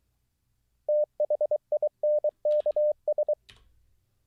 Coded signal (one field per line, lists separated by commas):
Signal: Morse code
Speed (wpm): 23 wpm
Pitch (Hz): 600 Hz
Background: none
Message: THINKS